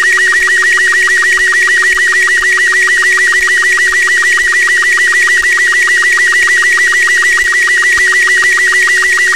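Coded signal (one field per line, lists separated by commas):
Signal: SSTV (slow-scan television)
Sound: steady warbling tone near 1.9 kHz with rapid regular low sync blips, plus faint hum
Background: steady low hum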